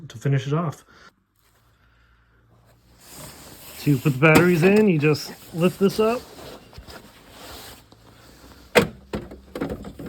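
Someone talks while lifting the battery compartment cover on an EGO 56 V 24-inch two-stage battery-powered snow blower, to load a 56 V lithium battery pack into its slot, with a spare 5 Ah battery on hand. A few sharp handling knocks follow near the end. The pack has not clicked or seated yet.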